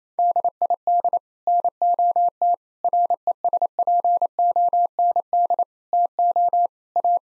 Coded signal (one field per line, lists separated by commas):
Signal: Morse code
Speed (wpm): 28 wpm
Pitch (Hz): 700 Hz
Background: none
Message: DID NOT RESPOND TO A